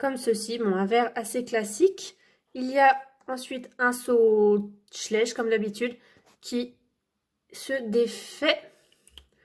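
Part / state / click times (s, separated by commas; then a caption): plastic clip on toy horse tack / seated / 9.2 s. Someone talks while handling a small plastic tack piece from a 2022 Schleich Horse Club toy horse advent calendar, which comes apart and is then clipped back together. After the talking stops, a few faint sharp clicks follow, with the loudest at 9.2 s as the clip snaps shut and seats.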